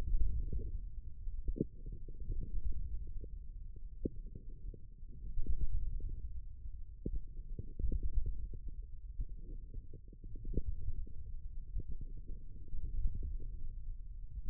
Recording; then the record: forearm muscle sounds (acoustic myography)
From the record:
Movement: wrist flexion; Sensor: system 1, eight BSWA MPA416 microphones around the upper forearm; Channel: 3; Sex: male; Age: 18 years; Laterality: right